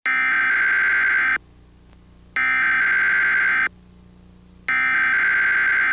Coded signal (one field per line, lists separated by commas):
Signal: Emergency Alert System (SAME) tones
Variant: header bursts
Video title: EAS Scenario [Philippines]